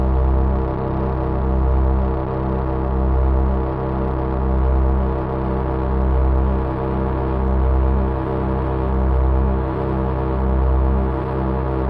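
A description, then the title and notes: A drone built from five square waves through a resonant filter holds one dense, buzzy chord for the whole stretch. A deep throb swells and fades about every one and a half seconds, and the upper tones flicker in a steady rhythm. Nothing else is heard. A drone for five square waves and resonant 24 dB filter.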